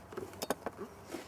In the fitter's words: you hold the seat down you lock your seat belt in and it is locked into place